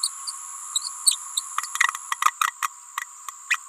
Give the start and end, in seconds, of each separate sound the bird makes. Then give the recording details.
0.03-0.10, 0.27-0.31, 0.74-0.82, 1.06-1.16, 1.37-1.42, 2.21-2.31, 2.40-2.51, 3.50-3.57. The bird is a female. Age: 28 days. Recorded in a nest box in Venezuela. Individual 17B31A3